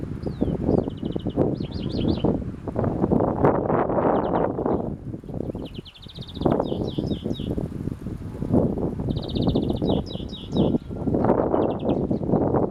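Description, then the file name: European Greenfinch giving short bursts of quick twittering trills, repeated several times, half-buried under heavy low rumbling wind or engine noise. "Chloris chloris"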